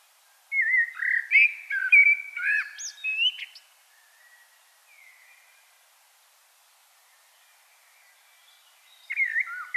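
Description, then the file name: Common blackbird singing a mellow warbled phrase ending in thin high squeaky notes, a long pause with a faint note, then another phrase starting at the end. "Turdus merula"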